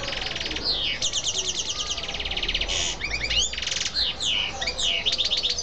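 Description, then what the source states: Canary singing continuously, alternating rapid rattling trills with swooping whistled notes and short buzzy bursts, all high-pitched and tightly packed. Female bird.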